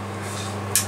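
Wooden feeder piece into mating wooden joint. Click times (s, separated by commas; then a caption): 0.8 s. A wooden piece of a cherry-wood bird feeder is knocked into its mating wooden joint after sawing, over a steady low hum. A single sharp knock at 0.8 s marks the piece seating, and the joint fits together perfectly.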